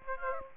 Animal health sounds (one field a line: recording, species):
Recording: mosquito wingbeat signal from an infrared sensor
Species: Aedes aegypti